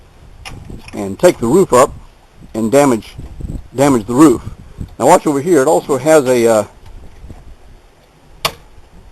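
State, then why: Seated. Someone talks while raising the hinged roof of a wooden rabbit hutch, and at 8.4 s the metal roof-support locking arm snaps into its locked position with a sharp click to hold the roof open.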